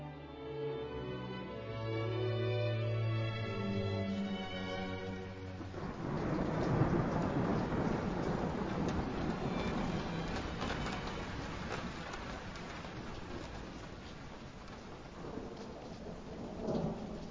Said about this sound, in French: Il ne plaît jamais dans ce putain d'endroit, mais quand il pleut, c'est un déluge. De grosses gouttes de pluie frappent le sol avec un crépitement âpre.